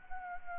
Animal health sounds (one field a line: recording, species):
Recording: mosquito wingbeat signal from an infrared sensor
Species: Anopheles arabiensis